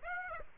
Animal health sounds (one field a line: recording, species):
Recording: mosquito wingbeat signal from an infrared sensor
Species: Aedes aegypti